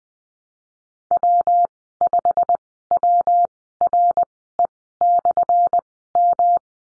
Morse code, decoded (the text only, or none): W5WRE/M